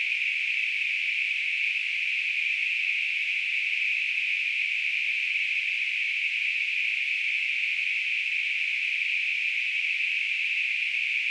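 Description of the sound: Simulated tinnitus: a steady, continuous band of hissing noise centred around 2.5 kHz. It holds a constant level throughout, with almost nothing below 1 kHz.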